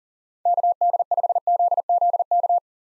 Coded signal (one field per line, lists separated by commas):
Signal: Morse code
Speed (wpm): 37 wpm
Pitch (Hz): 700 Hz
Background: none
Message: KD5ZZK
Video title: 2023 SOTA Activator Call Signs - 40wpm